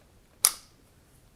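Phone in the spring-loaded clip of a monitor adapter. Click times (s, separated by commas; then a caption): 0.4 s. An iPhone is set onto an Accsoon SeeMo monitor adapter and pushed in, triggering the spring-loaded clip to come down and lock the phone in place. A single sharp, bright click lands at about 0.5 s against near silence, then decays quickly. The phone is seated securely in the clip.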